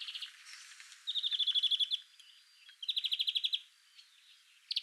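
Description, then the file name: European greenfinch calling with two rapid trills of even, bright repeated notes about a second apart, softer twittering between and a chirp at the end. "Chloris chloris"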